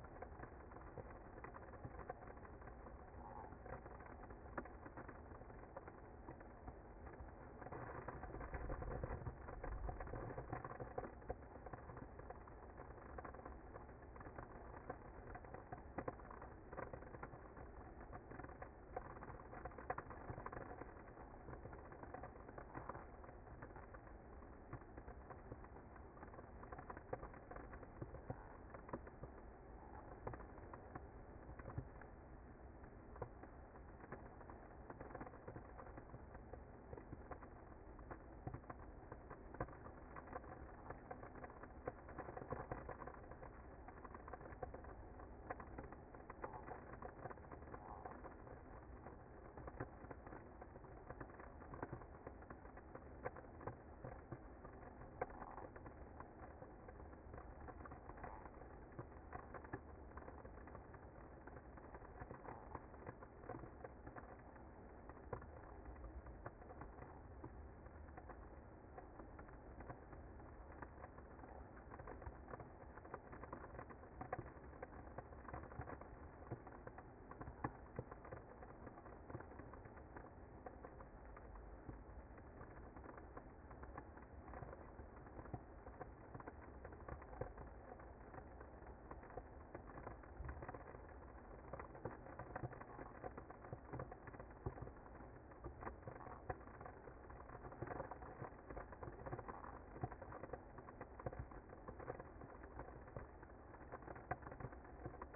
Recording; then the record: honeybee colony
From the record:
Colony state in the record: active